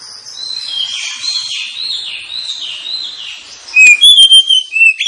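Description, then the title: Oriental magpie-robin song: a long soft, rambling high warble, then loud clear whistled notes with sharp slurred phrases near the end. Lure (pancingan) recording of a kacer meant to provoke other kacer birds into singing and fighting; described as persistent 'full tembakan' singing, making birds 'ngeplong gacor'. "Kacer Langsung Tarung Konslet KACER NGOTOT FULL TEMBAKAN. Kacer dimana SAJA Bakalan NGEPLONG GACOR dengan Pancingan Kacer ini"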